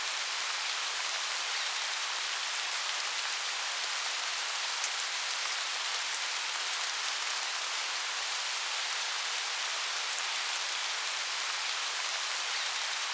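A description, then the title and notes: A summer rain shower falls steadily and densely, a bright hiss of countless drops with faint ticks and no low rumble. Summer Rain Shower.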